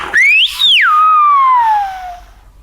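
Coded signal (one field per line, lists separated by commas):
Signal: whistled language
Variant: Silbo Gomero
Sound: a single piercing whistle sweeping up high, a short break, then gliding slowly down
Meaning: A name call: Rogelio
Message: /A/ Rogelio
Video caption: (In a gomeran whistle) /A/ Rogelio.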